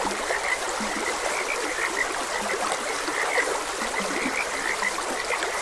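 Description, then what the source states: Frogs croaking together in quick overlapping notes, some deeper croaks mixed in, over continuous running stream water. Frogs croaking beside a gentle stream.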